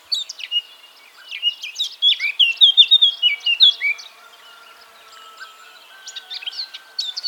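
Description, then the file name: Eurasian blackcap giving soft twitters that build into a loud, rich warble with ringing whistled notes, then quieter chattering and a thin, steady background tone. "Sylvia atricapilla"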